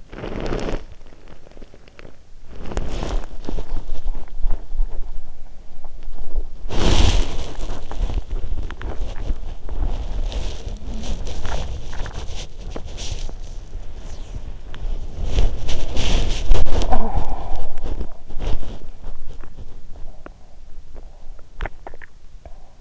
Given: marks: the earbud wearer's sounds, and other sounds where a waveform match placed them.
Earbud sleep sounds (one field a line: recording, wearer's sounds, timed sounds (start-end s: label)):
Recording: sounds in sleep by an in-ear microphone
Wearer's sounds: body movement, teeth grinding, talking in sleep, swallowing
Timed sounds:
0.00-22.81 s: body movement
8.61-9.28 s: teeth grinding
16.62-17.45 s: talking in sleep
20.17-20.39 s: teeth grinding
21.48-21.79 s: teeth grinding
21.79-22.31 s: swallowing